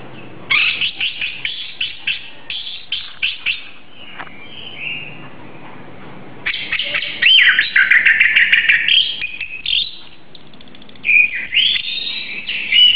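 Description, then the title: Oriental magpie-robin song: rapid chattering note series, a pause, then dense scratchy warbling and a final whistled phrase. "Kicau Kacer"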